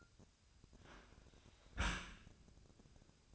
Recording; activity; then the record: daily activity, microphone in the room; close dishwasher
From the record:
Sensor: 2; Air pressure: 1003.0 hPa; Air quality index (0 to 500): 197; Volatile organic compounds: 6 ppm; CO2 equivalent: 1873 ppm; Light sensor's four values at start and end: 13/32/14/15 and 13/32/14/15